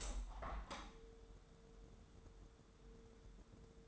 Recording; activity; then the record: daily activity, microphone in the room; open window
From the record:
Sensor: 3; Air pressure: 999.8 hPa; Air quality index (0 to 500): 225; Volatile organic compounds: 93 ppm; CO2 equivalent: 3706 ppm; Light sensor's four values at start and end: 9/22/9/9 and 10/24/10/9